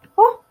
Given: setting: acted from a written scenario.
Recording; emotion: vocal sound without words; realization